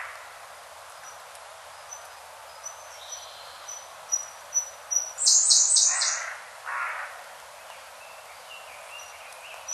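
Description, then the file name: Siberian blue robin song: a few sharp, high ticks lead into a short, bright rattling trill, with a lower burst after it and quiet background. "koruri"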